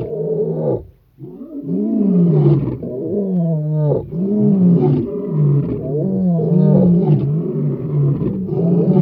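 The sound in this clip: Lion producing a sustained series of low, hoarse groans that swell and fade, broken by one short pause near the start.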